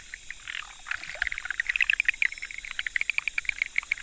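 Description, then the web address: Frog clicks build into a fast, fairly regular run of sharp ticks, several per second, over a steady high hiss. 25 October 2014. "frog rec 20141025"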